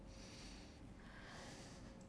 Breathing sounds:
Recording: one breath in and out by a microphone near the nose and mouth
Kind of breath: deep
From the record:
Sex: male

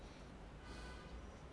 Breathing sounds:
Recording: one breath in and out by a microphone near the nose and mouth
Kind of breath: normal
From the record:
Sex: male

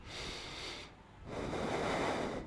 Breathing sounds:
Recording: one breath in and out by a microphone near the nose and mouth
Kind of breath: deep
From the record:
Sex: male

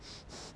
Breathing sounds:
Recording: one breath in and out by a microphone near the nose and mouth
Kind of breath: strong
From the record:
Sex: male

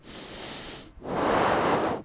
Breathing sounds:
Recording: one breath in and out by a microphone near the nose and mouth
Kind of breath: deep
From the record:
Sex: male

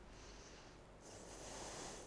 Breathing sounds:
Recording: one breath in and out by a microphone near the nose and mouth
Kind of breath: deep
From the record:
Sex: female

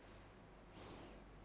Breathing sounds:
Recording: one breath in and out by a microphone near the nose and mouth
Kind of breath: normal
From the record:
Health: marked as sick, illness not named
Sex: female

